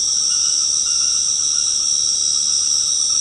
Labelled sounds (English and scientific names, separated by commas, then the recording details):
none
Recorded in secondary vegetation near Puerto Asís, Putumayo, Colombia, on 19 March 2025 at 21:00
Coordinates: 0.485, -76.322
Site G040